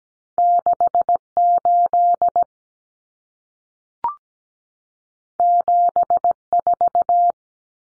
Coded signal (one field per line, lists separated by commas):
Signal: Morse code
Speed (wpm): 17 wpm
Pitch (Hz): 700 Hz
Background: none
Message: 68 74